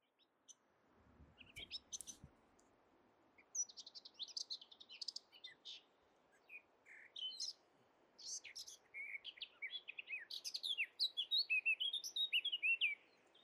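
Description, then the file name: Eurasian blackcap song, scattered scratchy notes building into a lively, hurried warble that grows more fluty toward the end; a low thump is heard early on. "Sylvia atricapilla"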